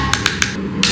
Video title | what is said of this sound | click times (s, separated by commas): 挑战1300片积木拼钢铁侠，真是怕什么来什么，缺失零件也要拼！【方伟学长】 | OK听到咔嚓一声应该就没有什么问题了 | 0.4 s